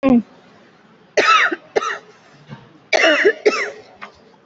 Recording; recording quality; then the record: shallow voluntary cough; excellent, no background noise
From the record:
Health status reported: COVID-19 positive, moderate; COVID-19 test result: positive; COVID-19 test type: RT-PCR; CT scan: taken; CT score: 4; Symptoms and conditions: cough, cold, fatigue, muscle pain, loss of smell and taste, another respiratory illness, hypertension, diabetes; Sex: female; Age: 46 years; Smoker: no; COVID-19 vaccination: both doses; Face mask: worn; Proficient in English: yes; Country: India